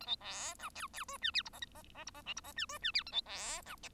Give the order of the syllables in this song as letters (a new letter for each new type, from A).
A B C D E E F G H I J K J J I J L I J G F G H A B C D